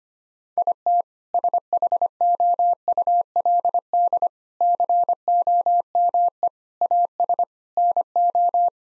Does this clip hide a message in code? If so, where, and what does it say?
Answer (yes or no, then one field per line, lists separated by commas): yes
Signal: Morse code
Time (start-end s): 0.6-8.7 s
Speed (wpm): 25 wpm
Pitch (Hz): 700 Hz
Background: none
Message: IT SHOULD COME AS NO